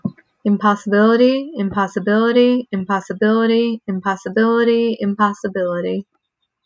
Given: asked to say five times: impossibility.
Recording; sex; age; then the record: repeated word; female; 20 to 29 years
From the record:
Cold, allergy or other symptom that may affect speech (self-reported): no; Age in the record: 26 years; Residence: Florida, United States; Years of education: 12